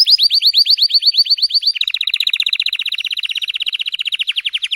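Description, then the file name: Canary song: a series of clear slurred high notes, then switching to a faster, lower rolled trill that slows at the end. Singing Belgian canary, red frosted colour variety. "canto do canario belga vermelho nevado"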